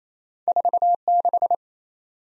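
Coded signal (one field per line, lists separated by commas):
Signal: Morse code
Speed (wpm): 28 wpm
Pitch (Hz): 700 Hz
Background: none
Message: 46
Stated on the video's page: Head-copy drill of random two-character letter and number combinations sent at 28 wpm.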